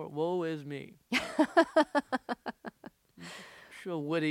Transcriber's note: soundbite of laughter